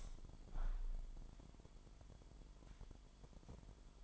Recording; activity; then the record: daily activity, microphone in the room; open window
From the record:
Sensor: 5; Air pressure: 998.7 hPa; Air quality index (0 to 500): 105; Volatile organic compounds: 2 ppm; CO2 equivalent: 1210 ppm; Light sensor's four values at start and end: 54/135/56/63 and 54/135/56/63